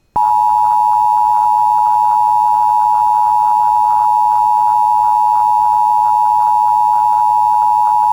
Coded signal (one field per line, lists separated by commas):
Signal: Emergency Alert System (SAME) tones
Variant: 853 and 960 Hz attention tone